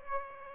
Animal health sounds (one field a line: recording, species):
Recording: mosquito wingbeat signal from an infrared sensor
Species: Aedes aegypti